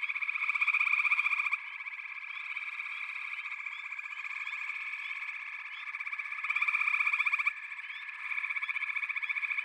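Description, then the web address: Frogs calling in a thick chorus, a continuous high trill with louder pulsed bursts at the start and near the end, and faint upward chirps throughout. A chorus of frogs calling together. "The Natural Sounds of the Wilderness. Echoes of Nature - Frog Chorus"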